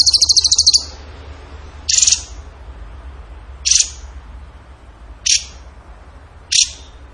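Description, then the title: Bird song: a high rattling trill, then four short sharp bursts spaced well apart. Training recording (masteran) of a bird singing in the gacor tembakan style. "Masteran Burung Tembakan Gacor"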